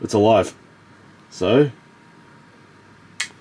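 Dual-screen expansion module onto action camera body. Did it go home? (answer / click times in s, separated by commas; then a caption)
yes / 3.2 s. A dual-screen expansion module is pushed onto the top of a DJI Action 2 action camera, where magnets and small latch arms pull it home. Someone talks briefly, then a sharp snap at 3.2 s shows the module has seated in place.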